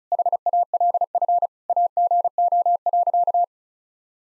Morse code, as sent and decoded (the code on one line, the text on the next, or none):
.... .- .-.. ..-. / .- --. --- .-.-.-
HALF AGO.